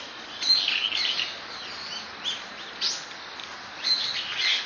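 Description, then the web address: Bird chirps: short, high twittering phrases arriving in separate bursts, with quiet background noise between them. Recorded on 23 October 2013. "itoshikimono SOB TORINOKOE 20131023"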